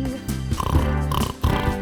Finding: Someone s Snoring.